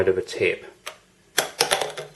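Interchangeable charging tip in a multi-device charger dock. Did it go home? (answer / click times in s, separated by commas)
released / 1.4 s, 1.6 s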